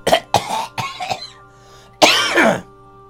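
An adult gives four quick, harsh cough bursts in a rapid run over about a second. After a short pause, one longer, rougher cough follows, close to a throat clear. The coughs are frequent. A faint steady hum sits in the background.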